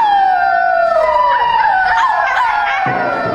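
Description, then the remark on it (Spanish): Several wolves howl together, their long, wavering cries gliding downward in pitch and overlapping into a loud, continuous chorus that lasts a few seconds. “Tengo mucho miedo, mi mami me va a retar, está lleno de lobos, mejor me voy a mi casa.”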